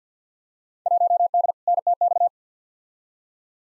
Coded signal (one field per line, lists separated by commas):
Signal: Morse code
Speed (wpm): 50 wpm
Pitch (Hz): 700 Hz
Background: none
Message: 1D NTX